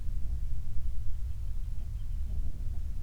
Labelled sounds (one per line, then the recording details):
near silence
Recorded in the Prudhoe Bay oil fields, Alaska, on 28 July 2019 at 06:25
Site 25